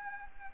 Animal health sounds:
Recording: mosquito wingbeat signal from an infrared sensor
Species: Anopheles arabiensis

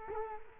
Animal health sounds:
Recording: mosquito wingbeat signal from an infrared sensor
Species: Culex quinquefasciatus

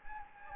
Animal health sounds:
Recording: mosquito wingbeat signal from an infrared sensor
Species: Anopheles gambiae

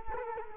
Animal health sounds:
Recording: mosquito wingbeat signal from an infrared sensor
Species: Culex quinquefasciatus

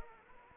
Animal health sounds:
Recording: mosquito wingbeat signal from an infrared sensor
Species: Anopheles arabiensis

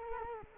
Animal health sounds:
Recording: mosquito wingbeat signal from an infrared sensor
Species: Culex quinquefasciatus

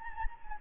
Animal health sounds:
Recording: mosquito wingbeat signal from an infrared sensor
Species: Anopheles gambiae

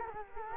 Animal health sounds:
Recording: mosquito wingbeat signal from an infrared sensor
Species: Culex quinquefasciatus

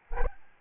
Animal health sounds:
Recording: mosquito wingbeat signal from an infrared sensor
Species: Aedes albopictus

